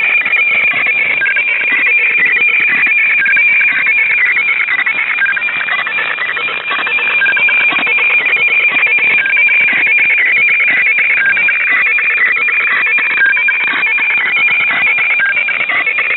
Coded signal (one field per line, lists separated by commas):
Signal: weather fax (radiofax)